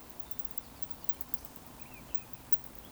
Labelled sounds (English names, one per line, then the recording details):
Eurasian Woodcock whistle
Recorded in Baden-Württemberg, Germany, on 12 June 2020 at 20:22 UTC
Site 14569, 102 m above sea level